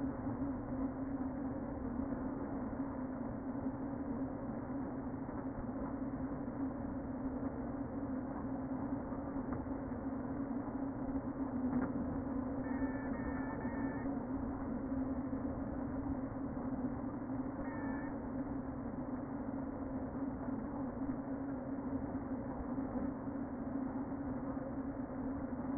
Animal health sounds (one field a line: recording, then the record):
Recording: honeybee colony, microphone inside the hive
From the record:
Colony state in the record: queen present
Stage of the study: before two queens were removed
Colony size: about 60,000 bees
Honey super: yes